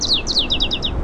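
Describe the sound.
Song sparrow singing a fragment made of two slower high descending notes, then a quicker series of similar downslurred notes, over a steady low rumble.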